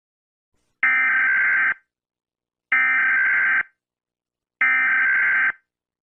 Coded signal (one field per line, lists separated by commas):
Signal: Emergency Alert System (SAME) tones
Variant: header bursts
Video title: CONE OF DEATH - EAS MOCK